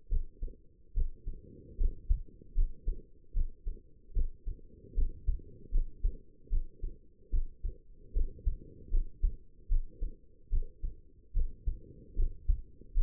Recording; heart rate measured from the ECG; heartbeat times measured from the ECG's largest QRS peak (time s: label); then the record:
heart sounds by stethoscope; 75 bpm
0.09 s: heartbeat
0.93 s: heartbeat
1.77 s: heartbeat
2.54 s: heartbeat
3.33 s: heartbeat
4.13 s: heartbeat
4.94 s: heartbeat
5.71 s: heartbeat
6.49 s: heartbeat
7.30 s: heartbeat
8.13 s: heartbeat
8.90 s: heartbeat
9.68 s: heartbeat
10.49 s: heartbeat
11.33 s: heartbeat
12.15 s: heartbeat
12.94 s: heartbeat
From the record:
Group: healthy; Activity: rest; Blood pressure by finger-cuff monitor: 118/77 mmHg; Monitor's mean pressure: 88 mmHg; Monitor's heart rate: 75 bpm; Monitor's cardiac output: 5.6 L/min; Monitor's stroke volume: 75 mL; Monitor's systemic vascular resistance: 1180 dyn s/cm5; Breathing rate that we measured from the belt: 17 breaths a minute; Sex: female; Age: 22 years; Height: 160 cm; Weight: 45 kg